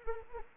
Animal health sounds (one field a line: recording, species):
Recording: mosquito wingbeat signal from an infrared sensor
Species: Anopheles arabiensis